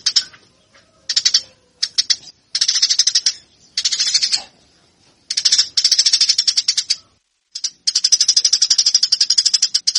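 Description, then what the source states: Eurasian tree sparrow chattering in bursts of fast, scratchy chirps of varied length with brief silences between, ending in a steady rapid run. Tree sparrow song used for fighting-style (tarung) training of birds.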